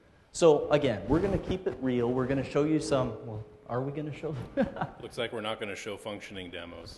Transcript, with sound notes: So, again, we’re going to keep it real, we’re going to show you some.. Are we going to show…
[laughs]
Looks like we’re not going to show functioning demos.